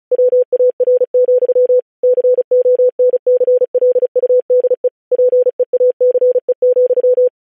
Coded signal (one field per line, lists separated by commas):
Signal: Morse code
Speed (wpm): 36 wpm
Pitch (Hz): 500 Hz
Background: none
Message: WAR, CONCLUDE PEACE,